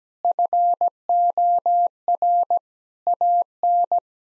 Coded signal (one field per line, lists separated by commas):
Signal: Morse code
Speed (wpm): 17 wpm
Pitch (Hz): 700 Hz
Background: none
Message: FOR AN